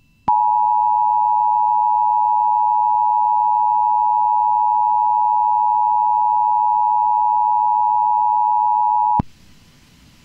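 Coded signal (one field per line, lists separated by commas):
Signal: Emergency Alert System (SAME) tones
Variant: 853 and 960 Hz attention tone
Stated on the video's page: Amber Alert recorded from the WJON IP live stream using Audacity; issued by civil authorities.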